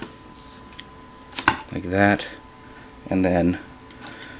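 A plastic seat section on a Transformers Alternity A-01 Convoy (Vibrant Red) transforming toy robot is handled as it is about to slide forward to fill in the forearm, with light sharp plastic taps near 1.4–1.5 s and 4.1 s while someone talks. Nothing has seated or clicked yet; the panel is not yet home.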